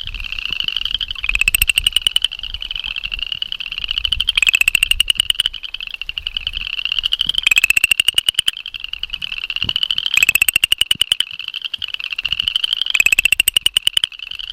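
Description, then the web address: Cajun chorus frog calls: repeated pulsed, rasping trills that climb slightly in pitch, about one every three seconds, over a steady chorus of other frogs. "Frog Pseudacris Fouquettei"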